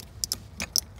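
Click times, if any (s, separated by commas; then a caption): 0.2 s, 0.8 s. The two plastic halves of a spliced Enphase solar trunk-cable connector are pushed together until one snaps into its mating half. Short, bright clicks sound through a quiet background, with the sharpest snaps at 0.2 s and 0.8 s and softer ticks around 0.3 s and 0.6 s. The connector is seated.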